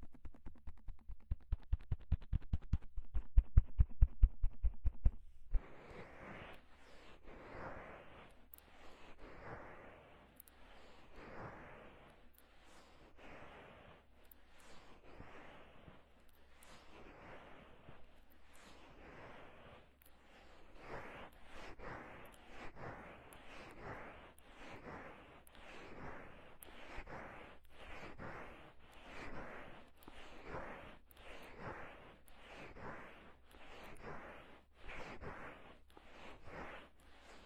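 Ear massage: a quick run of sharp taps in the first five seconds, then steady rhythmic rubbing strokes, roughly two per second, over a low hum.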